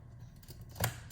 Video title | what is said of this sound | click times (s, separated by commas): Ryzen 5 PC Build Case Swap | heard it click, so it's installed. | 0.8 s